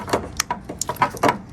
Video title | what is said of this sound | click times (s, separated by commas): Add Tacoma bed lights (tested w/light meter) | until i hear the click | 0.8 s